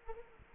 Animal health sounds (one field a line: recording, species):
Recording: mosquito wingbeat signal from an infrared sensor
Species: Culex quinquefasciatus